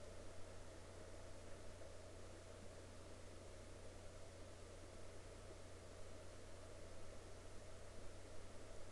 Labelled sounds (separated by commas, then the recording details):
water, man-made sound
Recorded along the Dempster Highway, Canada, on 7 May 2019 at 03:25
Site 13